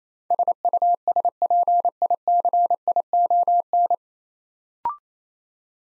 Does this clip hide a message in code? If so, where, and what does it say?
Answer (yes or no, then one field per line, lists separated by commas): yes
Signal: Morse code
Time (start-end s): 0.3-3.9 s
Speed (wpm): 28 wpm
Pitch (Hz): 700 Hz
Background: none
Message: SUSPICION